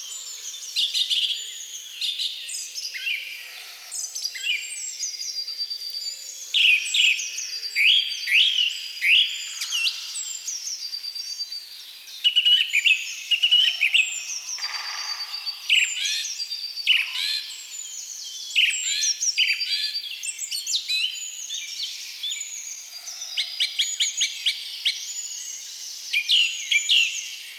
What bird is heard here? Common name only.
Song Thrush